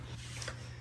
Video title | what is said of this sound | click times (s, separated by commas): 버쉬코리아 회전식 도어스토퍼 설치 영상 (무타공식/타공식) | 착 소리가 나면서 예쁘게 결합이 완료가 되게 됩니다 | 0.4 s